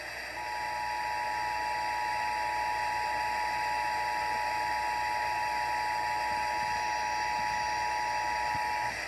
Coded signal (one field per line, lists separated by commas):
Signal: Emergency Alert System (SAME) tones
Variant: 853 and 960 Hz attention tone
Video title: 2021 NATIONAL PERIODIC TEST ON WUBT 101.1 FM (EAS #53)